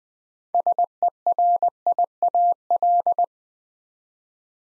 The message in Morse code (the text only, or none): SERIAL